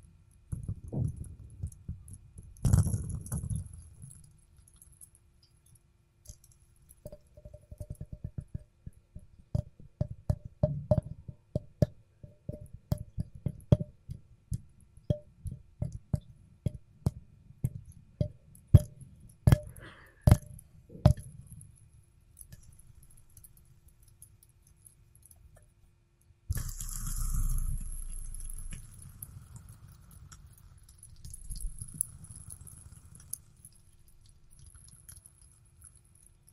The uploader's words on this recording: ASMR Fidget Spinner Sounds Tapping and Spinning.